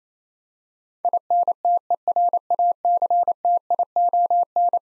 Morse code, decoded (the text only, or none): INTERACTION